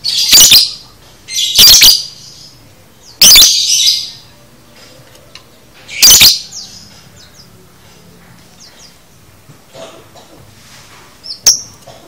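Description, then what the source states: Lovebird calls: four sharp, shrill squawks in the first half, then mostly quiet with faint chatter and one short squeak at the end. Lovebird chattering (konslet), used as masteran to train lovebirds.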